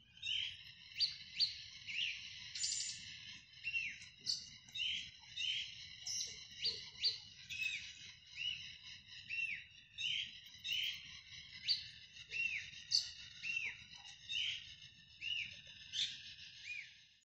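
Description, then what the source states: Birds calling with dense, repeated high chirps and short downslurred notes over a steady high hiss, with faint low background noise throughout. Soundscape of birds.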